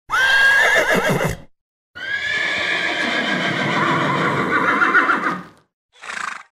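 Horse whinnying: a short neigh, then a long, shaking, wavering whinny lasting several seconds, and a brief sound at the end.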